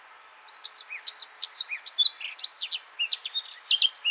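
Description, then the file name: Eurasian blackcap singing a fast, varied warble of sharp high notes and short whistles that runs without a break. "Sylvia atricapilla"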